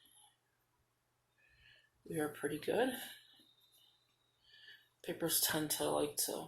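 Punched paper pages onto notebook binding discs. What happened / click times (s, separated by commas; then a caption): Pages handled, not yet snapped onto the rings / none. Punched paper pages are being handled onto the plastic rings of a disc-bound notebook while someone talks. Soft rustling and handling sounds are heard between the speech, and nothing has seated or clicked yet by the end of the clip.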